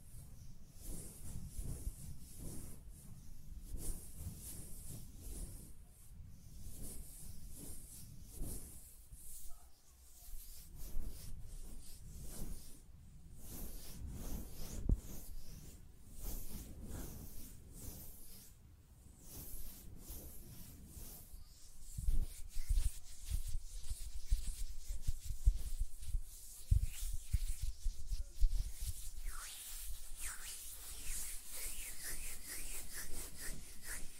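Fingers tap and flutter on nails and rub hands together in a dense, irregular stream of soft scratchy sounds with occasional sharper clicks.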